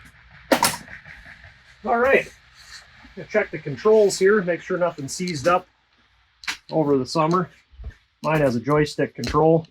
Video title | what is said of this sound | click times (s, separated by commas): How to Start up your snowblower for the first time this winter. #snowblowers #snowstorm | that back on make sure it clicks down in there good and tight you hear that snap that means you're good | 0.5 s